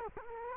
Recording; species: mosquito wingbeat signal from an infrared sensor; Culex quinquefasciatus